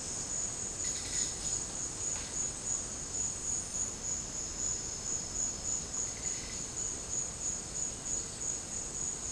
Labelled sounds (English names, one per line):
none